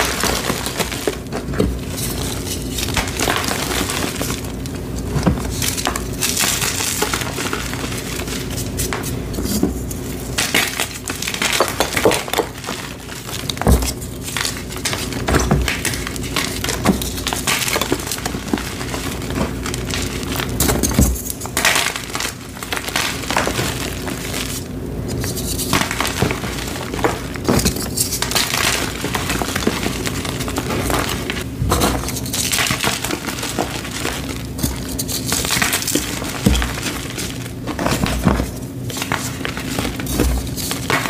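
Blocks of gym chalk, some fresh and some dyed, are crushed one after another in a dense, continuous run of crumbling, crinkling crunches. Sharper snaps cut through every few seconds, while a steady low hum lies underneath throughout.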